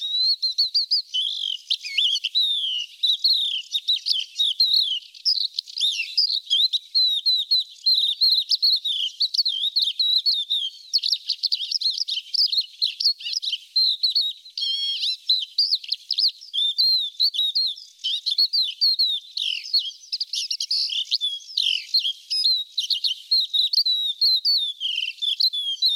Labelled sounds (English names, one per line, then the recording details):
Crested Lark song
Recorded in the wild
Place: Nagyivan / Hortobagy, HU
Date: 1988-05-03
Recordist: Schwarz, Dieter